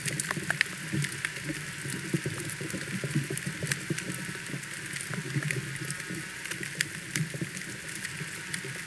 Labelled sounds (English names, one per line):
none